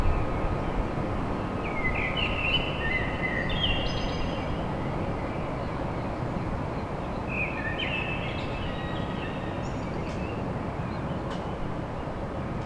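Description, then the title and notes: Blackbird singing two rich, whistled phrases with squeaky high flourishes, a few seconds apart, against a steady heavy rumble of background noise. Song of a blackbird recorded at dawn in Paris. "Blackbird At Paris. chant de merle à l'aube dans Paris"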